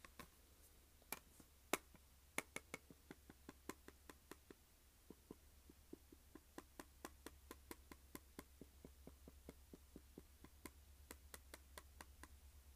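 Fingers tap on a plastic case in quick, uneven bursts: sharp, bright clicks, some in rapid runs, with a brief quieter stretch around the middle. A steady low hum sits underneath throughout. No scratching comes through.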